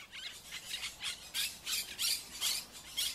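Monk Parakeet giving harsh, rasping squawks in a rapid, irregular series.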